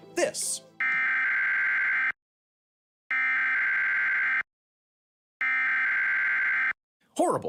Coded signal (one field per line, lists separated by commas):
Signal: Emergency Alert System (SAME) tones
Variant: header bursts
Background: speech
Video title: Correcting EAS misinfo - The sound that threatens US national security